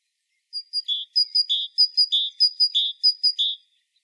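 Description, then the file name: Great tit calling: high two-part notes alternating a sharp upper tick and a lower ringing note, repeated rapidly and evenly for about three seconds, clean background. "Parus major"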